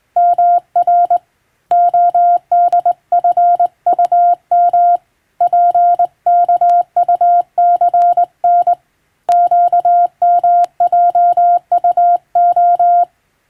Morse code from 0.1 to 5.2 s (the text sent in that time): MR ODFUM